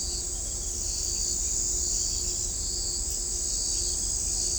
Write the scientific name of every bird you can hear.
none